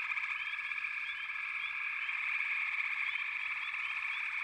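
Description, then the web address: Frog chorus, a constant shimmering trill of many callers, small rising chirps sprinkled over it. "Nature Songs Nature Sounds The Natural Sounds of the Wilderness 10 CDs collection Echoes of Nature - Frog Chorus"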